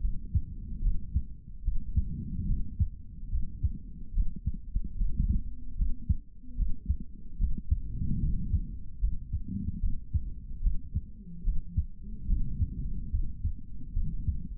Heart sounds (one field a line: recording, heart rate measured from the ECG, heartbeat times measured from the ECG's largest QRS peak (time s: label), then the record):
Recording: heart sounds by stethoscope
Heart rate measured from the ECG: 73 bpm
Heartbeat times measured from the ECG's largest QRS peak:
0.01 s: heartbeat
0.81 s: heartbeat
1.63 s: heartbeat
2.46 s: heartbeat
3.30 s: heartbeat
4.13 s: heartbeat
4.96 s: heartbeat
5.76 s: heartbeat
6.56 s: heartbeat
7.38 s: heartbeat
8.20 s: heartbeat
9.00 s: heartbeat
9.80 s: heartbeat
10.61 s: heartbeat
11.43 s: heartbeat
12.27 s: heartbeat
13.11 s: heartbeat
13.93 s: heartbeat
From the record:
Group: healthy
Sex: male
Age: 55 years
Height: 167 cm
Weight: 57.2 kg